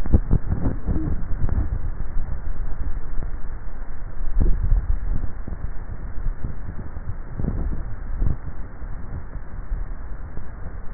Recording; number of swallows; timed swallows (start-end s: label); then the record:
swallowing sounds by neck microphone; 2
4.32-5.32 s: swallow
7.58-8.38 s: swallow
From the record:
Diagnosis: dysphagia